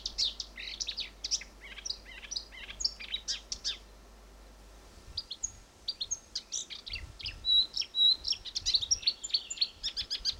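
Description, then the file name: Marsh warbler song: fast, varied chattering of high chirps, buzzes and clipped whistles, pausing briefly midway before resuming with thin whistled notes and quick trills. Recorded at Fylingen. "myrsanger Fylingen Hjelmaas"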